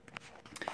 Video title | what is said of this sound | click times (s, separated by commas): Xiro Xplorer V Drone Reviews and Assembly | I had to use two hands to push that back on it just clicks into place here okay so | 0.2 s